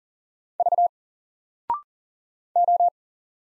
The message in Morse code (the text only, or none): V O